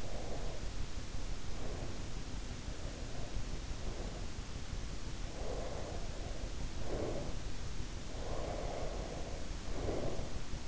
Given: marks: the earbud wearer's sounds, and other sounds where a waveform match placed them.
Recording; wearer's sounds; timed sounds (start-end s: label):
sounds in sleep by an in-ear microphone; breath
0.00-2.17 s: breath
2.64-4.53 s: breath
5.21-7.73 s: breath
8.15-10.68 s: breath